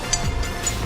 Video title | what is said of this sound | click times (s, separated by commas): 7.3 SUPERDUTY Repair Part 2: Start Up with the New Injectors | There you go, metallic sound. When you hear the metallic clunk, | 0.1 s